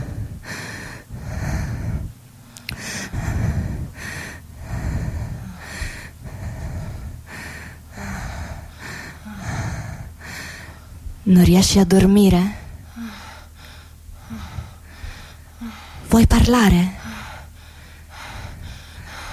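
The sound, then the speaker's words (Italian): Two loud, harsh gasping breaths burst out a few seconds apart, strained and partly voiced, breaking through quieter conversation between people. “Non ci riesco. Sì che ci riesci. Respira.”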